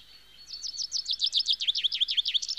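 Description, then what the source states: Bird song: a quick steady series of high V-shaped chirps over faint background hiss. Nature sounds of birds.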